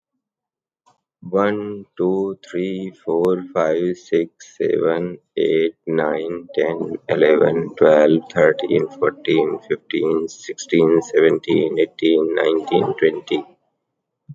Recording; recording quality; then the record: counting at a normal pace; excellent, no background noise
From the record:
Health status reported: healthy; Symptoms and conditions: cough, cold, sore throat, fever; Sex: male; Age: 52 years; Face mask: not worn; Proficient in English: yes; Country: India